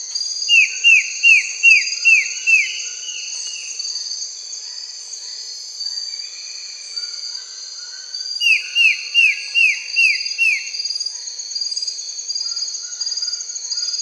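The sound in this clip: Bird calling in a quick series of about seven downslurred notes, given twice, over a steady loud high-pitched insect drone.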